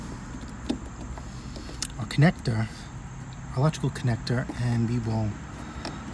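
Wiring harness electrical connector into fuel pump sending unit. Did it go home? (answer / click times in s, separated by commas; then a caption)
yes / 5.9 s. A plastic wiring harness electrical connector is pushed onto the fuel pump sending unit while someone talks. It clicks in and seats with a sharp snap at 5.9 s.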